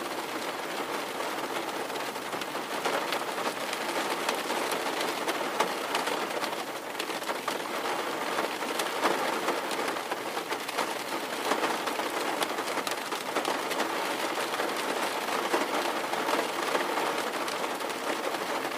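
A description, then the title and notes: Steady rain falls densely and evenly, a bright continuous hiss with countless fine patters, unchanging throughout with no thunder. Steady Rain White Noise.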